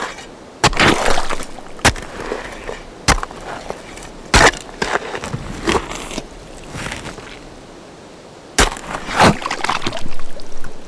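Picks strike stone in sharp, ringing hits about every second or so early on, with another hard blow near the ninth second. Between strikes come rougher scraping and crunching bursts of shovels working loose rock, with a brief lull around seven to eight seconds.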